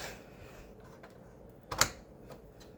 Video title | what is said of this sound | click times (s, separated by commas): How to replace CPU In Dell Optiplex 390 SFF. | push it in until I hear a click | 1.7 s, 1.8 s